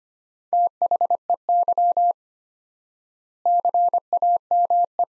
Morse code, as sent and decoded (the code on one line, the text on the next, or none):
- .... . -.-- / -.-. .- -- .
THEY CAME